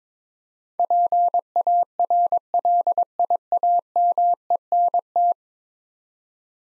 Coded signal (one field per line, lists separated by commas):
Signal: Morse code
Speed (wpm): 21 wpm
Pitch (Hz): 700 Hz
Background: none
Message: PARLIAMENT